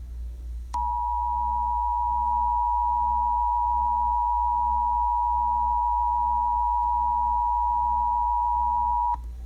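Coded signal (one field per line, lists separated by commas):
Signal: Emergency Alert System (SAME) tones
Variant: 853 and 960 Hz attention tone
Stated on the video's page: Fake scenario containing valid EAS tones.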